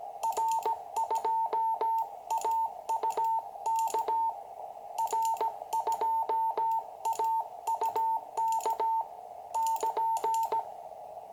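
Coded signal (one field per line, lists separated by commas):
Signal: Morse code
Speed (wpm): 17 wpm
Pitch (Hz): 900 Hz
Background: radio noise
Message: R2AUK R2AUK <KN>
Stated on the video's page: First CW QSO on a repaired 20 m QCX, with a QRP station.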